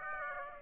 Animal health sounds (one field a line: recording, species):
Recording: mosquito wingbeat signal from an infrared sensor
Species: Aedes aegypti